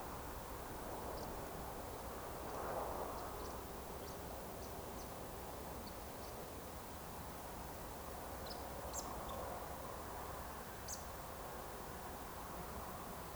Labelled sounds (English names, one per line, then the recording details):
Eurasian Woodcock
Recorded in Baden-Württemberg, Germany, on 30 June 2020 at 20:18 UTC
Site 43791, 788 m above sea level